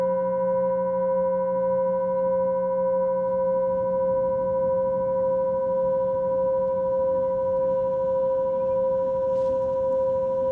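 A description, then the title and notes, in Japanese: A singing bowl hums with a steady, pure ringing tone and a softer higher overtone, a low murmur beneath, and a faint tap near nine seconds. メキシコから シンギングボウルのサウンドヒーリングをお届け ライブ。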